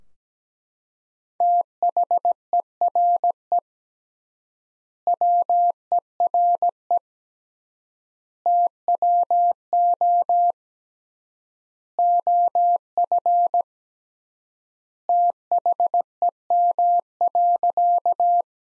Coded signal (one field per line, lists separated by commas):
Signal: Morse code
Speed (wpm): 17 wpm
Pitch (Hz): 700 Hz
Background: none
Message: THERE WERE TWO OF THEM.